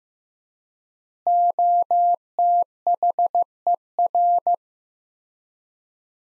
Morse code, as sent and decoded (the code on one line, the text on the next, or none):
--- - .... . .-.
OTHER